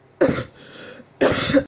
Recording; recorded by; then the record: voluntary cough; messaging app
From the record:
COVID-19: negative